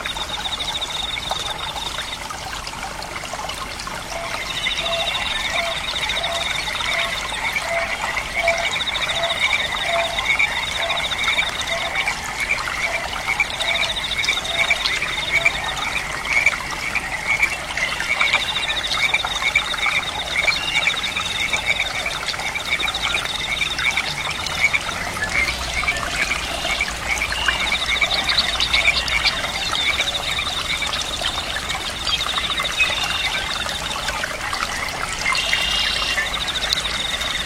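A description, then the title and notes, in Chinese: A quiet river with frogs and insects calling: steady trilling insect chorus in repeating bursts over a soft continuous trickle of water throughout. 静静的河流蛙虫啼鸣。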